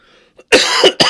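Three quick, harsh cough bursts in a row from an adult, a short dry coughing fit, due to a recent cold.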